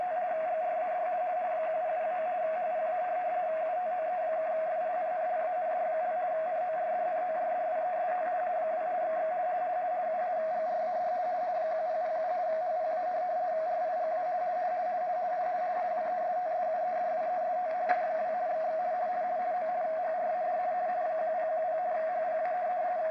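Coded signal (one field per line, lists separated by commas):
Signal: RTTY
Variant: 50 baud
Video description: Seewetterbericht vom Deutschen Wetterdienst in Pinneberg - DDH47 - 147,3 kHz auf der Langwelle in RTTY 50 Baud.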